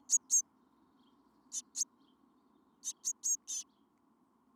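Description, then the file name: Eurasian blue tit giving high, thin call notes: two quick pairs, then a rapid run of four slightly rasping notes, over an otherwise silent background. "Cyanistes caeruleus"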